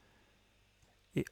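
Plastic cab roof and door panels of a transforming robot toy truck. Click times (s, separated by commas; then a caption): 1.2 s, 1.3 s. The plastic cab roof of a transforming robot toy truck is pressed into place, and two small snaps are heard at 1.2 s and 1.3 s. Only faint background noise comes before them. The roof pegs in, but one of the small plastic door panels was not fitted properly and sits misaligned.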